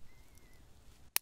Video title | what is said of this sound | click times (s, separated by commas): Victorinox Fieldmaster - Swiss Army Knife - Field Review | but what's nice is that it locks in this sort of 90 90° position | 1.2 s